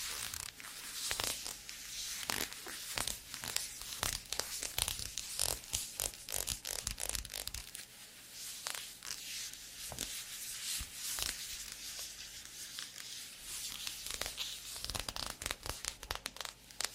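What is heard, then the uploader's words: Squeaky leather creaks and rubs in dense, irregular bursts of bright, scratchy squeaks, continuous throughout, with a faint steady low hum beneath. TimASMR-ASMR Doing Your Squeaky Leather Requests (NO TALKING).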